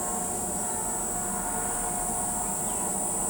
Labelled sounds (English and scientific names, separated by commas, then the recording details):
none
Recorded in pastures near Pivijay, Magdalena, Colombia, on 16 April 2023 at 13:30
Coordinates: 10.456, -74.369
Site P6-G026